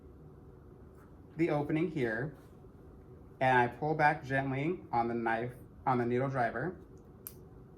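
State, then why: Released. A needle driver pulls a steel scalpel blade back off the grooves of a knife handle during unloading while someone talks. A short, sharp click at 7.3 s marks the blade coming free of the handle.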